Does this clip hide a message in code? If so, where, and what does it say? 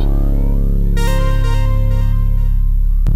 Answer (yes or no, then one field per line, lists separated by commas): no